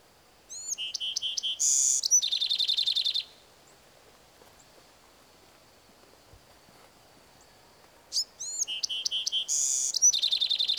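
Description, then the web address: Bewick's wren song given twice with a long pause between, each with whistled opening notes, a rasping buzz and a quick trill ending. "BEWR birds wrens"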